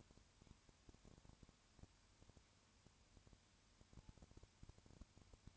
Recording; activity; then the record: daily activity, microphone in the room; no activity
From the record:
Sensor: 2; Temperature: 20.3 degrees Celsius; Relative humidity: 35.6%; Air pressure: 1001.0 hPa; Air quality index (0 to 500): 196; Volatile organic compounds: 5 ppm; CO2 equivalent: 1733 ppm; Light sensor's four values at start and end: 2/3/2/2 and 2/3/2/2